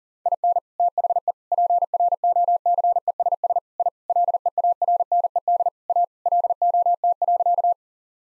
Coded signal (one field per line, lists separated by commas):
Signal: Morse code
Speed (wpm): 40 wpm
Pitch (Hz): 700 Hz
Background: none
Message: IN THE PROCESS I LEARNED A LOT.